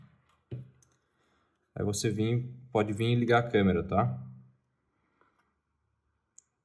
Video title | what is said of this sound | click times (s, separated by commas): Câmera 4G com visão noturna | vai fazer um clique no final | 0.8 s